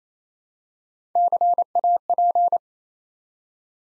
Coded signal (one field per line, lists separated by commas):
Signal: Morse code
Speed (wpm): 28 wpm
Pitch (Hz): 700 Hz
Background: none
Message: CAP